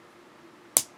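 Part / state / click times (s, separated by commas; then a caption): fountain pen cap onto pen body / seated / 0.8 s. The cap of a Wing Sung 9120 fountain pen, which has a white plastic inner cap, is pushed onto the pen body and snaps shut with a single sharp, bright click at 0.8 s over a faint, steady background. The cap is seated closed and fits very tightly.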